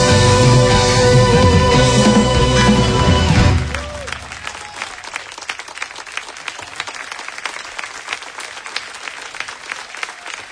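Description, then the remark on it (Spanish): A loud musical passage ends after a few seconds, and an audience breaks into sustained applause, a dense crackle of many hands clapping steadily until the end. “Un aplauso fuerte”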